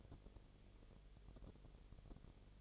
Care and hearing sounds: daily activity, microphone in the room; no activity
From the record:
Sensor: 4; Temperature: 22.3 degrees Celsius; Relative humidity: 30.9%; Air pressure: 1004.1 hPa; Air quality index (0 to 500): 86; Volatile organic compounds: 1 ppm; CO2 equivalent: 777 ppm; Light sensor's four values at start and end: 2/3/1/1 and 2/3/1/1

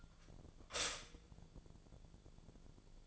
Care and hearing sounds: daily activity, microphone in the room; stop toaster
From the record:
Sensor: 5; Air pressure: 1000.3 hPa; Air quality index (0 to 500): 125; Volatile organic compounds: 2 ppm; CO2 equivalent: 987 ppm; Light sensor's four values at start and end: 85/198/85/92 and 85/198/85/92

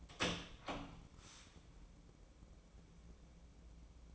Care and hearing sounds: daily activity, microphone in the room; open door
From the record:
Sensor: 1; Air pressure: 1012.3 hPa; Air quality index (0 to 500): 164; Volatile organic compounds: 3 ppm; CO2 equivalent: 1343 ppm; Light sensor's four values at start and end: 592/1377/612/735 and 584/1357/604/725

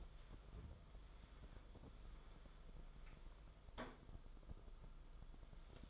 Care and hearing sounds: daily activity, microphone in the room; wipe stove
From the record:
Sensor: 5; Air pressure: 994.5 hPa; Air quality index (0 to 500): 184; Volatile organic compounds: 1000 ppm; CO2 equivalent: 5404 ppm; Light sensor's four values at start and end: 42/126/50/54 and 42/124/49/54

